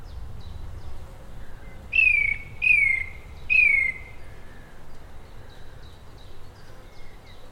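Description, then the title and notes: Song thrush song: a falling whistled phrase repeated three times in quick succession, with faint high notes in the background. Complicated songs from a tree high above the River Thames, rural Oxfordshire, on a hot, close summer's day. "A song thrush sings its complicated songs in a tree high above the River Thames in rural Oxfordshire, captured on a hot, close summer's day. by Cities and Memory"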